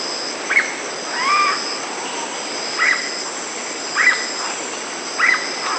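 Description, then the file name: Black-bellied cuckoo calls: a few short sharp notes repeated at intervals, over a steady high insect hum. Recorded in Brazil and Bolivia. "Black-bellied Cuckoo (Piaya melanogaster), Brazil, Bolivia"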